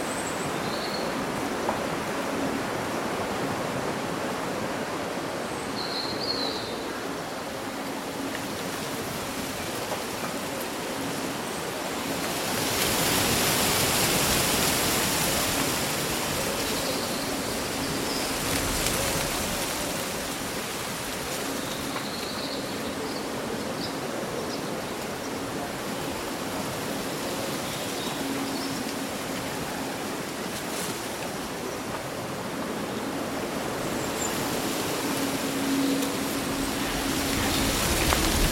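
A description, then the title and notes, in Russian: Leaves rustle in a steady, dense hiss that swells louder from about 12 to 16 seconds and again briefly near 19 seconds. A few faint, short bird chirps come through now and then, and a low, even hum sits underneath throughout. Прохладный летний день: Шелест листвы и пение птиц. Симфония шелеста листьев и мелодии местных птиц.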